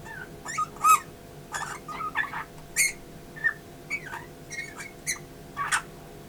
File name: Pyrrhula pyrrhula